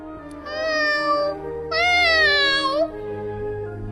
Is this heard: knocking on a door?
no